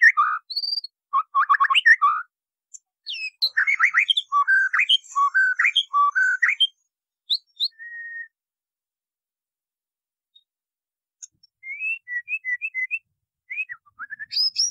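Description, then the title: White-rumped Shama delivering bursts of varied whistles and rattling notes, a long quiet stretch midway, then a series of short high chirps near the end. "MASTERAN MURAI BATU LABAIK"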